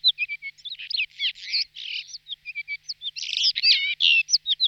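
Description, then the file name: Blue rock thrush song: a rapid run of varied twittering and whistled notes mixed with harsher buzzy elements. "Passero solitario"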